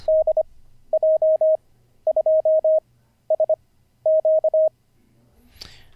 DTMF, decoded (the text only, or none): none